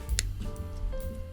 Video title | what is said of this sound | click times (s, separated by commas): 고프로 12 사용 방법 및 악세사리 착용방법 | 닫을 때는이 눌러서 딸깍 소리가 날 때까지 윗부분을 눌러주시면 됩니다 | 0.2 s